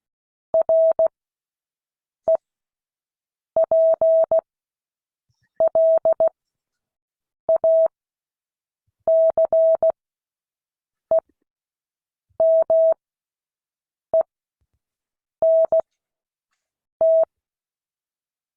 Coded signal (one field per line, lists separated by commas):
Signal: Morse code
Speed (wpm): 16 wpm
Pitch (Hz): 650 Hz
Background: none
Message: REPLACEMENT